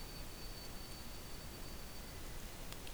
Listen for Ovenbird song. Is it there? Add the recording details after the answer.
no. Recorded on 2 June 2016 at 05:33. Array SBT-3-7